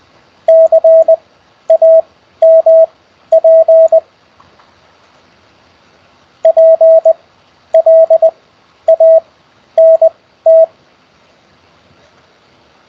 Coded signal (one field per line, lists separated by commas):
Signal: Morse code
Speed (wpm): 20 wpm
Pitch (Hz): 650 Hz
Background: none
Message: CAMP PLANT